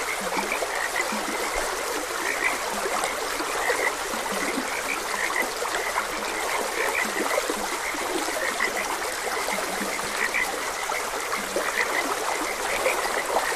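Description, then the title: Chorus of frogs with brief croaks popping up every moment, some lower grunting notes, set against constant running water. Frogs croaking beside a gentle stream. "Gentle Stream and Frogs Croaking"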